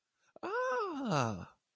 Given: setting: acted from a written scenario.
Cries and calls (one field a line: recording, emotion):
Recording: vocal sound without words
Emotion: positive surprise